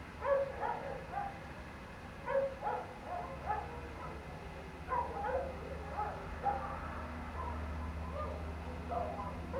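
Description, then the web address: Canines yipping and howling in repeated bursts, with a low rumble and steady water hiss. Pack howling into the night outdoors, late night, cold winter air, beside a man-made water fountain. "Omar Alvarado - Minimal ambiences ambience outdoors late night, cold winter air, pack of canine howling into the night and man made water fountain"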